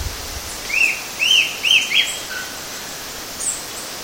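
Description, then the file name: Rufous-tailed Attila calling three short arched whistles in quick succession, then a faint lower note, with a soft high chip later. Recorded at Itiocachoeira, Mogi das Cruzes, São Paulo state, Brazil, on 7 February 2015. "Attila-phoenicurus -itiocachoeira-Mogidas Cruzes SP-BR-7-2-15-ASilveira"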